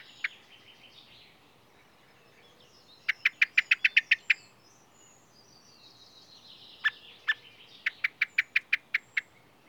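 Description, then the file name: Common blackbird chattering call: one lone chink, then a fast burst of about nine hard clicks, later two spaced chinks leading into another rapid clicking series; soft twittering in the background. "Turdus merula"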